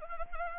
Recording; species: mosquito wingbeat signal from an infrared sensor; Anopheles arabiensis